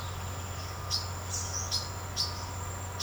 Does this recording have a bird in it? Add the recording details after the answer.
yes. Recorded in secondary vegetation near Puerto Asís, Putumayo, Colombia, on 24 March 2025 at 08:00. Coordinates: 0.468, -76.324. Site G059